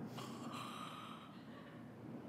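A single drawn-out, rough, snorting breath sound, an adult man's playful imitation of a sleeping person's snore.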